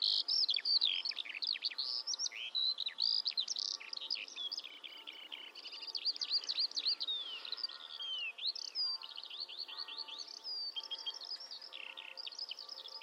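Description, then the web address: Bird chirping in a dense, fast warble of high slurred notes, steady for the whole stretch against soft background noise. "Bird Only"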